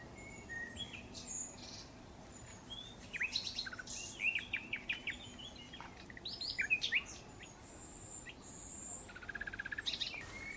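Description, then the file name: Common nightingale singing varied phrases of chirps, short whistles and quick note clusters against a steady hiss, ending in a brief rapid rattle. "Luscinia megarhynchos"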